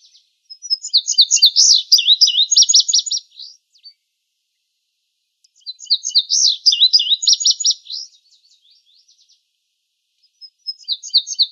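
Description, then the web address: Indigo bunting singing high, rapid phrases of paired, doubled notes, each about three seconds long, repeated twice with quiet gaps and a third beginning. Recorded in Arizona. "Grosbeaks Buntings. Deviche"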